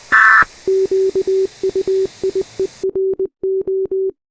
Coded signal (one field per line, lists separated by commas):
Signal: Morse code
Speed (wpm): 20 wpm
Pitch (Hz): 380 Hz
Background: none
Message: QUIERO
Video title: (EAS SCENARIO) BIGGER TORNADO IN LOUISIANA (EAS)GRAN TORNADO EN LOUISIANA